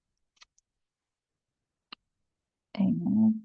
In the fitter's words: so again like with the other one just going to pop it in you'll hear it pop